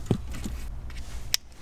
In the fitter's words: make sure you hear that click it's very important and on the other side we are going to connect to this harness